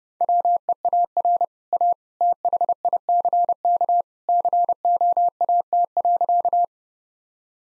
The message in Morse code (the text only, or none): WEAR A THICK COAT.